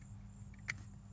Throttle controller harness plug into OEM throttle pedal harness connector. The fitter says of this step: go ahead and locate the male end on the harness provided click